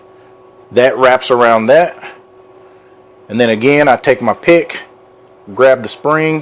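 A pick grabs the spring of a magazine round-count indicator to pull it over the small plastic wing on the magazine follower, while a man talks over a steady low hum. Nothing has snapped into place or seated yet when the clip ends.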